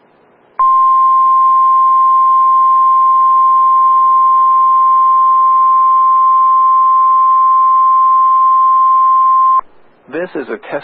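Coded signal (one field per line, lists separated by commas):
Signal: Emergency Alert System (SAME) tones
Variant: 1050 Hz attention tone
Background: speech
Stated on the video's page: Real EAS required weekly tests.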